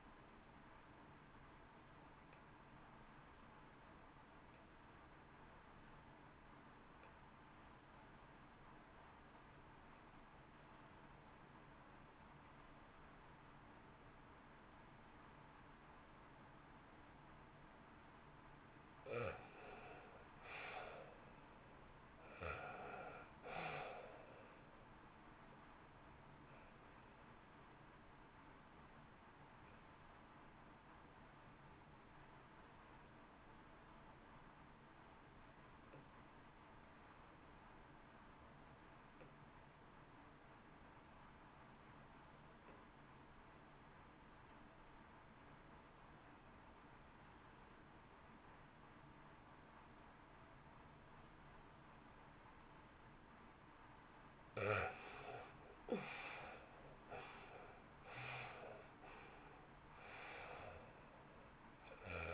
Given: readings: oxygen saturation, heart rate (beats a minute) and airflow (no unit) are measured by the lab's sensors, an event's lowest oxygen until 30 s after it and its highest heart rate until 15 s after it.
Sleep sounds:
breathing in sleep by a voice recorder at the bedside; 2
3.00-19.30 s: obstructive apnea (REM, oxygen 92% highest, then 67% lowest, heart rate 53 at the start, 68 highest)
28.00-53.80 s: obstructive apnea (REM, oxygen 88% highest, then 67% lowest, heart rate 68 at the start, 74 highest)
From the record:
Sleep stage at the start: REM sleep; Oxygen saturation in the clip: 67 to 92%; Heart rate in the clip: 52 to 74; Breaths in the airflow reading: 11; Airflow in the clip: -1.0 to 1.2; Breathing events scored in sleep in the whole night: 328 in 6.3 hours asleep

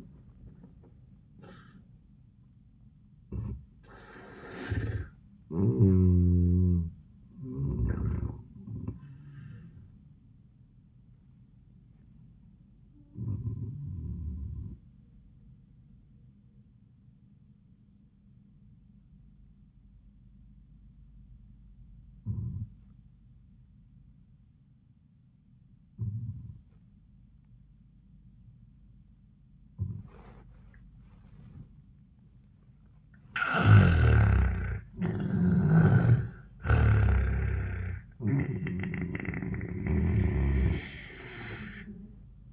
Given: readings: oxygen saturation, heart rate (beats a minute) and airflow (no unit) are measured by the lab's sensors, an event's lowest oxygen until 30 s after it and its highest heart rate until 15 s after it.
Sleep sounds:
breathing in sleep by a smartphone at the bedside; 1
11.00-33.50 s: hypopnea (N1, oxygen 97% highest, then 78% lowest, heart rate 93 at the start, 93 highest)
From the record:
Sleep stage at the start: N1 (lightest sleep); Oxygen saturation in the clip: 81 to 97%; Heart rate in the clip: 79 to 100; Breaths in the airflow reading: 6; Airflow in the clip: -17.0 to 14.2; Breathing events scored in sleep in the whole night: 400 in 8.7 hours asleep

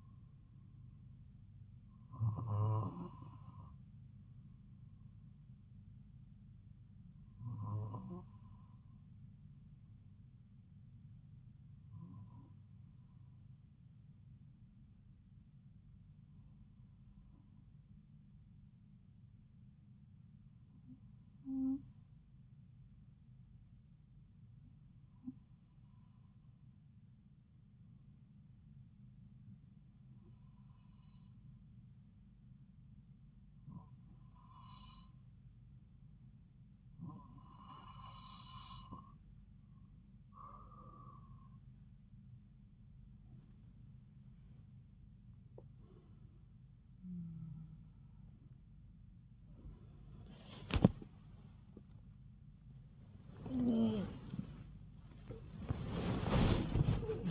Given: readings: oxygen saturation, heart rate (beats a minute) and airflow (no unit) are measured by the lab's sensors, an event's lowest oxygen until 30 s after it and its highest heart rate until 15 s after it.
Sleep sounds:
breathing in sleep by a smartphone at the bedside; 1
9.00-49.20 s: hypopnea (N2, oxygen 95% highest, then 93% lowest)
From the record:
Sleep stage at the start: N2 (light sleep); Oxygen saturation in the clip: 92 to 95%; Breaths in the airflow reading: 13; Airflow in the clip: -6.3 to 11.1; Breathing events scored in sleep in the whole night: 270 in 6.1 hours asleep

